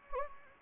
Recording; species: mosquito wingbeat signal from an infrared sensor; Anopheles gambiae